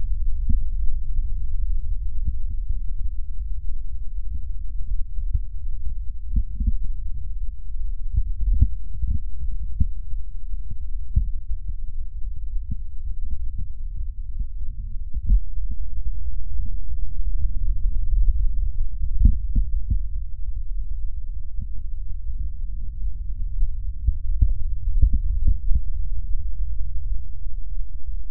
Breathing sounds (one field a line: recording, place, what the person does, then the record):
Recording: lung sounds by stethoscope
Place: right posterior basal chest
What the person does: quiet breathing, then deep breathing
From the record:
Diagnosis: none (healthy)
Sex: male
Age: 23 years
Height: 185 cm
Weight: 93 kg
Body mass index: 27.2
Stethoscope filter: bell mode